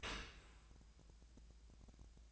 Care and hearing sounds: daily activity, microphone in the room; open dishwasher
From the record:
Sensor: 2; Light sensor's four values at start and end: 11/31/12/14 and 11/31/12/14

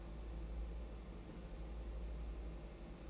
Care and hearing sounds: daily activity, microphone in the room; place on stove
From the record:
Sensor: 1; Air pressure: 992.0 hPa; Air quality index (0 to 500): 216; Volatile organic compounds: 1000 ppm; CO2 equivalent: 8429 ppm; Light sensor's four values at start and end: 21/74/29/29 and 21/74/29/29

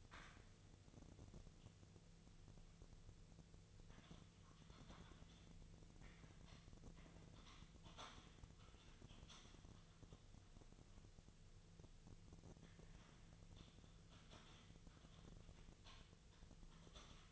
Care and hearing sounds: daily activity, microphone in the room; typing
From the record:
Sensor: 4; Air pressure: 1001.0 hPa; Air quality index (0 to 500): 141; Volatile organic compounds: 2 ppm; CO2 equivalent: 1041 ppm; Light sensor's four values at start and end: 26/63/26/28 and 26/63/26/27

